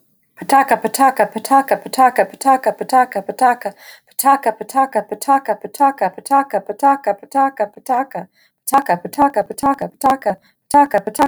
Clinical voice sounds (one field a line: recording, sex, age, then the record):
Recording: repeated syllables /pa ta ka/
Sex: female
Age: 40 to 49 years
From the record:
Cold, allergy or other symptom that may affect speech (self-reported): no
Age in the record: 45 years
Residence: Texas, United States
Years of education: 14